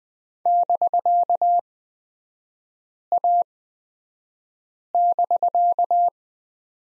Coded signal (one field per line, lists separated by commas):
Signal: Morse code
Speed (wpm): 20 wpm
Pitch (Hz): 700 Hz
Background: none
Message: <BK>A<BK>